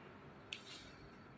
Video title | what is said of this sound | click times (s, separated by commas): Praktikum Penggunaan Peralatan Jaringan Komputer by Timmy Gondo Atmodjo S.T. M.Kom | putar, tekan sampai bunyi klik. Oke, | 0.5 s